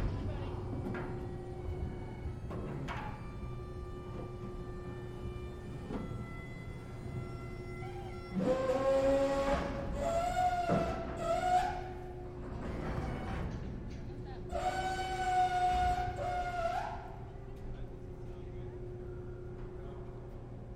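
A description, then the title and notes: Aboard a ferry's rear passenger deck during boarding and launch, a steady low engine drone and hum run throughout. Two louder bursts of bright, whining metallic noise rise around nine to twelve seconds and again near fifteen to seventeen, amid faint voices and occasional knocks. Seattle Inbound Rear Passenger Deck Board And Launch Stereo. A days' worth of round-trips on the Seattle-Bainbridge Island Ferry, nearly all short fore-and-aft from then passenger and car decks.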